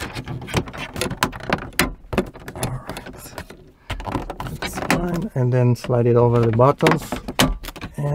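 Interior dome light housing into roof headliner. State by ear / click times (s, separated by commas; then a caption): seated / 7.4 s. A plastic interior dome light housing on a 2001–2009 Volvo S60/V70, being converted to LED, is slid over the buttons and pressed up into the roof headliner opening while someone talks. Small clicks and handling taps build to a loud sharp snap at 7.4 s as the housing seats in the headliner.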